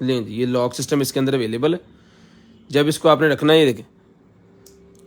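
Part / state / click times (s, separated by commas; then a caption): lock latch on a product (item not clearly identified) / seated / 4.7 s. A man talks, then after a pause the built-in lock latch on a product clicks shut at 4.7 s, followed by a fainter tick. The lock has engaged, and the item will not come out until the lock is pressed.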